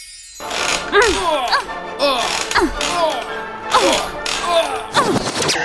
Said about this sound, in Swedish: Du har just hört ljud från en knarrande gungstol, ljudupptagningar från en tennismatch, till tonerna av en stämningsfull klassiker.